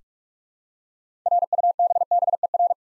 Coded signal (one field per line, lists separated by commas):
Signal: Morse code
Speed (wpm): 45 wpm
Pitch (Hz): 700 Hz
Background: none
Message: RUBBER